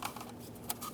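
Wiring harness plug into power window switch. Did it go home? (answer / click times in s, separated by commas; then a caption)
no / none. A wiring harness plug is handled at the power window switch on the door panel of a 2003–2011 Mercury Grand Marquis, being pushed toward the switch. Only faint, brief handling taps are heard over a low background, with the sharpest tick near 0.7 s. Nothing has seated or clicked in yet.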